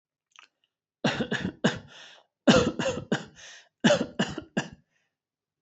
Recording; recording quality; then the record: shallow voluntary cough; excellent, no background noise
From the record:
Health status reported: healthy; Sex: male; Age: 27 years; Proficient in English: yes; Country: India